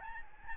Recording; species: mosquito wingbeat signal from an infrared sensor; Aedes albopictus